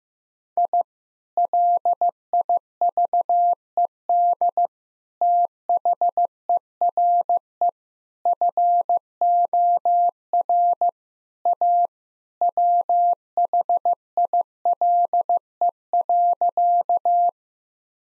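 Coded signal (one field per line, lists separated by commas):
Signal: Morse code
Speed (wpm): 15 wpm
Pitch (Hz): 700 Hz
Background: none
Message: I LIVED THERE FOR A WHILE.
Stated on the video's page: Morse practice sentences containing common three-word phrases at 15 wpm for head copy.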